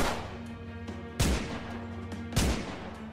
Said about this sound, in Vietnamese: Ông Kỳ hét lớn không chần chừ thêm một giây phút nào. Ông Kỳ bóp cò nổ súng, bắn liên tiếp vào người lão Trực 3 phát đạn.